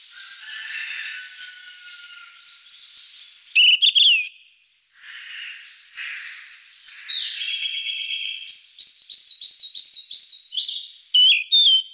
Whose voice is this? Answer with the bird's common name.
Yellow-rumped Flycatcher